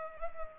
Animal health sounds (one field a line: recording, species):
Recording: mosquito wingbeat signal from an infrared sensor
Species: Culex pipiens